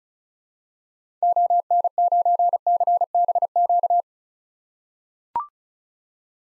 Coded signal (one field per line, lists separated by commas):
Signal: Morse code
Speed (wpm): 36 wpm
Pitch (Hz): 700 Hz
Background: none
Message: ON9CBQ